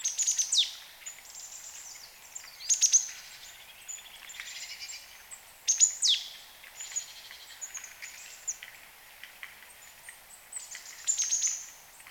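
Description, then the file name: Marsh tit calls: quick high clicking notes and steep falling chirps in irregular groups, with fainter notes between. "Poecile palustris"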